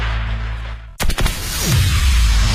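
Firecrackers set off for the Spring Festival in Beijing: a low rumble cuts off abruptly, followed by a rapid burst of sharp crackling pops, then a dense, loud roar of continued explosions with a descending whistle-like sweep.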